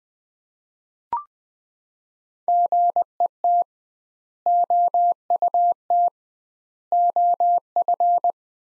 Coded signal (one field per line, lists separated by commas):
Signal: Morse code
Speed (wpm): 20 wpm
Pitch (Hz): 700 Hz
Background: none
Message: GET OUT OF